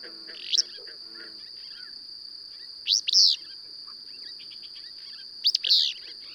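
Bird singing in brief phrases: a single chirp, then paired buzzy notes twice, with a continuous high whine underneath and faint twittering.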